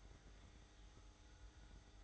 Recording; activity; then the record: daily activity, microphone in the room; make coffee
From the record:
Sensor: 3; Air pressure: 995.1 hPa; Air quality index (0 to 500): 71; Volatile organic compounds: 4 ppm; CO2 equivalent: 1640 ppm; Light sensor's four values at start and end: 17/50/21/18 and 17/50/21/18